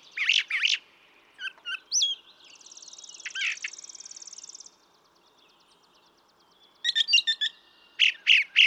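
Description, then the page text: Brown thrasher song, abrupt varied phrases, then a long buzzy pulsed trill and a pause, ending in rapid clusters of notes. Same male brown thrasher heard across recordings totalling about three and a quarter hours; his repertoire is estimated at about 1300 songs. "Birdsong for the Curious Naturalist. Brown thrasher"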